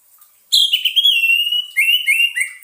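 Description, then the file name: Orange-headed thrush song, a loud, rich whistled phrase that wavers and descends, then breaks into a few quick rising-and-falling notes near the end. Lure sound played so the bird does not get stressed. "suara pancingan burung anis merah agar tidak stress"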